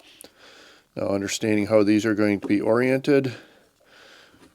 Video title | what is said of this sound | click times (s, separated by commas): How to Install the Tactical Light Kit for DJI Avata | just set in there a little bit sideways like this and then you just press until it clicks into place | 0.2 s